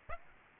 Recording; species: mosquito wingbeat signal from an infrared sensor; Aedes aegypti